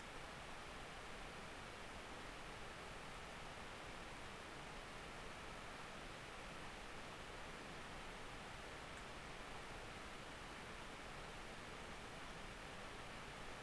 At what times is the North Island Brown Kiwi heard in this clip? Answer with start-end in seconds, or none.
none